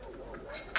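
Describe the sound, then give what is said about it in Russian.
Teacup and dishes clinking faintly as tea is served, with soft ringing tones building to a brighter clatter of china right at the end. “Чайку изволите?”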